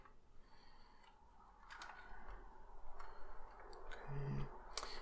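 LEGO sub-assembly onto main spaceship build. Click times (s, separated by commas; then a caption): 4.8 s. A LEGO sub-assembly is pressed onto the main plastic-brick spaceship build, with soft handling rustles and small plastic ticks around 3.0–3.9 seconds. A sharp, louder click comes at 4.8 s, but the section is still not fully pressed together.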